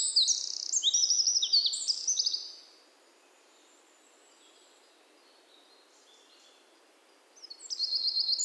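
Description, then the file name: Eurasian wren singing a fast, high-pitched run of trills and chattering notes, then a long quiet pause, then the next song starts near the end. "Troglodytes troglodytes"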